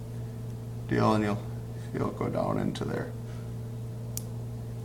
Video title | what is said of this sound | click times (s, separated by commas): Boca bearings | there it goes i heard it click in there so | 4.2 s